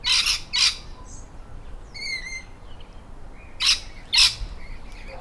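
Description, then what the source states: Lorikeet screeches, harsh and buzzy, in pairs at start and end, with a brief clear tonal note in between. Lorikeet calling in birches.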